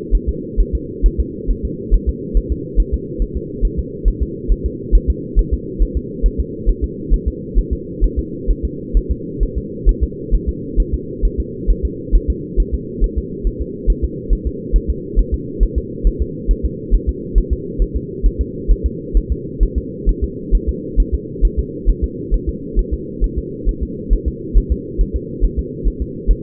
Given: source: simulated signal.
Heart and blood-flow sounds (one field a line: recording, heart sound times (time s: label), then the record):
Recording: fetal heart sounds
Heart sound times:
0.15 s: S1
0.29 s: S2
0.61 s: S1
0.75 s: S2
1.06 s: S1
1.20 s: S2
1.51 s: S1
1.65 s: S2
1.94 s: S1
2.09 s: S2
2.37 s: S1
2.52 s: S2
2.80 s: S1
2.94 s: S2
3.22 s: S1
3.37 s: S2
3.65 s: S1
3.79 s: S2
4.08 s: S1
4.23 s: S2
4.52 s: S1
4.66 s: S2
4.95 s: S1
5.10 s: S2
5.39 s: S1
5.54 s: S2
5.82 s: S1
5.97 s: S2
6.26 s: S1
6.40 s: S2
6.69 s: S1
6.84 s: S2
7.14 s: S1
7.28 s: S2
7.59 s: S1
7.73 s: S2
8.04 s: S1
8.19 s: S2
8.51 s: S1
8.65 s: S2
8.97 s: S1
9.11 s: S2
9.43 s: S1
9.58 s: S2
9.89 s: S1
10.04 s: S2
10.35 s: S1
10.49 s: S2
10.80 s: S1
10.94 s: S2
11.25 s: S1
11.40 s: S2
11.71 s: S1
11.85 s: S2
12.16 s: S1
12.30 s: S2
12.60 s: S1
12.75 s: S2
13.04 s: S1
13.18 s: S2
13.47 s: S1
13.62 s: S2
13.90 s: S1
14.05 s: S2
14.33 s: S1
14.47 s: S2
14.76 s: S1
14.90 s: S2
15.19 s: S1
15.34 s: S2
15.63 s: S1
15.78 s: S2
16.07 s: S1
16.22 s: S2
16.51 s: S1
16.66 s: S2
16.95 s: S1
17.09 s: S2
17.38 s: S1
17.53 s: S2
17.82 s: S1
17.97 s: S2
18.26 s: S1
18.41 s: S2
18.72 s: S1
18.86 s: S2
19.17 s: S1
19.32 s: S2
19.63 s: S1
19.78 s: S2
20.09 s: S1
20.24 s: S2
20.55 s: S1
20.69 s: S2
21.00 s: S1
21.14 s: S2
21.45 s: S1
21.59 s: S2
21.90 s: S1
22.04 s: S2
22.34 s: S1
22.49 s: S2
22.79 s: S1
22.94 s: S2
23.24 s: S1
23.38 s: S2
23.69 s: S1
23.83 s: S2
24.13 s: S1
24.28 s: S2
24.57 s: S1
24.72 s: S2
25.01 s: S1
25.16 s: S2
25.44 s: S1
25.59 s: S2
25.88 s: S1
26.02 s: S2
26.31 s: S1
From the record:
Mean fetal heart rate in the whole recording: 135 bpm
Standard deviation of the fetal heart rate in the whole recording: 3 bpm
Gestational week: 36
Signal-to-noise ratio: -4.1 dB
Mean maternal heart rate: no maternal heart sound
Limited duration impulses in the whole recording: absent